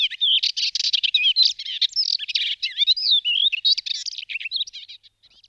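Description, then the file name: Melodious warbler song, a fast, rambling warble of high chirps, trills and twittering notes run together without pause for about four seconds before tailing off. "Sedmihlasek svitorivy Hippolais polyglotta"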